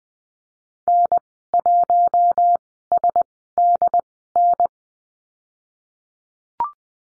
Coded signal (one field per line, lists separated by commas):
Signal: Morse code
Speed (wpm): 20 wpm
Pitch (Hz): 700 Hz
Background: none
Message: N1SDN